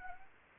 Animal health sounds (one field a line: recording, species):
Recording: mosquito wingbeat signal from an infrared sensor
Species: Anopheles arabiensis